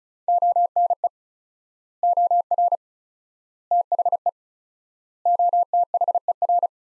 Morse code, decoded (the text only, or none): ONE OR THE OTHER